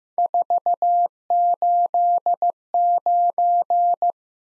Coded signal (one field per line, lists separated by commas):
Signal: Morse code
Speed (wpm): 15 wpm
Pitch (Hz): 700 Hz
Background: none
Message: 489